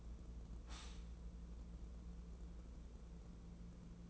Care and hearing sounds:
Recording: daily activity, microphone in the room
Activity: stop toaster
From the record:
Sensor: 1

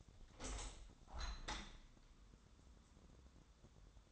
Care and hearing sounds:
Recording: daily activity, microphone in the room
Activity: open window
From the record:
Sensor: 3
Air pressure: 1000.5 hPa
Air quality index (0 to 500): 173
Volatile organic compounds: 3 ppm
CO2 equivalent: 1501 ppm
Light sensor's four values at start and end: 13/35/14/15 and 14/36/14/16

